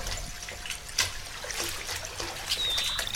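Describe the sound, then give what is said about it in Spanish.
Steady patter and splashing of raindrops falling into a puddle during a lull in cannon fire, with a few sharper drips standing out, and a thin, high bird trill briefly rising over the rain near the end. “En medio de la pausa que han dejado los cañones, entre el repique de las gotas sobre el charco, se distingue el trino inconsciente de un pájaro.”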